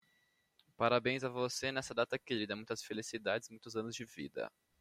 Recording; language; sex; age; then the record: short text; Brazilian Portuguese; male; 20 to 29 years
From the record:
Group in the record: control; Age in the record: 21 years